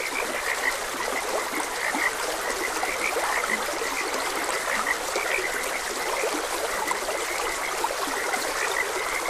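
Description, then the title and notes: Frogs croaking, many brief mid-pitched notes with a few deeper croaks, over constant stream water. Frogs croaking beside a gentle stream. "Gentle Stream and Frogs Croaking. Sleep and Relaxation Podcast"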